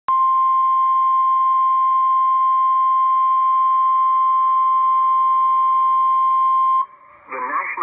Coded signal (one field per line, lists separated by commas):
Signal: Emergency Alert System (SAME) tones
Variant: 1050 Hz attention tone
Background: speech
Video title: NOAA Weather Radio EAS Alert #42 (Severe Thunderstorm Warning)